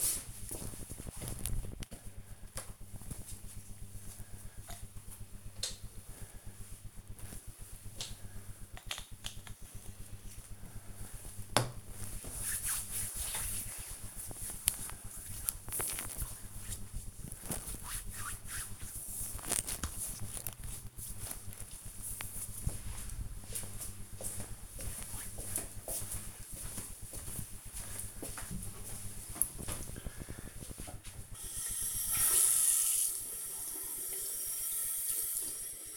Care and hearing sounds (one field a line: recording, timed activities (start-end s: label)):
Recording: household activities, microphone on the right wrist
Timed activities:
2.06-19.18 s: cream hands
33.25-35.97 s: brushing teeth